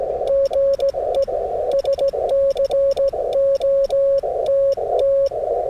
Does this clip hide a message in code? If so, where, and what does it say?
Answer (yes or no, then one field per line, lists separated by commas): yes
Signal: Morse code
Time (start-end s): 0.3-5.3 s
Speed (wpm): 19 wpm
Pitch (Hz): 550 Hz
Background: none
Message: GE SCOTT